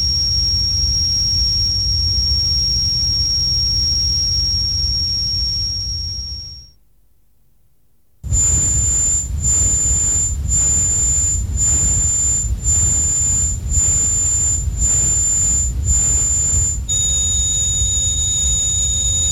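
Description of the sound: A steady, piercing high-pitched whistle over a hiss, then a brief silence, then a high tone over rhythmic pulsing noise at about 130 pulses a minute, ending with several layered tones. These are synthesized simulations of tinnitus, the ringing, hissing or pulsing that sufferers hear continually.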